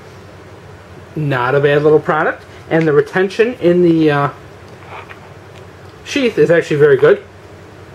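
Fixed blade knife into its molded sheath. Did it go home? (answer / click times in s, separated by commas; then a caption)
no / none. A Camillus Les Stroud Arctic SK fixed-blade knife is handled with its molded sheath while someone talks. The knife has not yet been pushed home, and nothing has snapped into the sheath retention yet.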